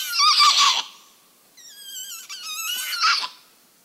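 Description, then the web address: Muriqui whinnying with high, wavering, horse-like harmonic calls in three bouts, the middle one a long, trilling warble. South American rainforest primate. "Natures Songs S America Primates of the Rainforest Muriqui monkey"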